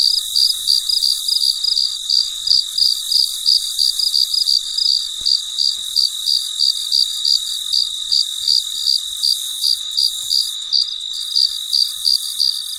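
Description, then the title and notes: Cricket chirping steadily, shrill pulses coming about three times a second without pause, a constant high hiss beneath. Recorded late at night; the night is described as very quiet. "深夜录制蟋蟀昆虫声. 深夜 很安静"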